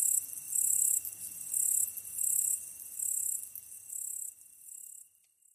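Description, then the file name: Yama-yabukiri katydid giving several high, sizzling buzz bursts at an even pace that weaken and fade away toward the end. Recorded 15 August 2010 at 22:43. "yamayabukiri-20100815-2243"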